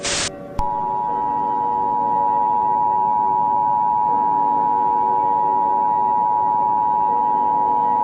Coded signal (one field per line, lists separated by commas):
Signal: Emergency Alert System (SAME) tones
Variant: 853 and 960 Hz attention tone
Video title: [Most Popular] Sun Explosion (An EAS scenario)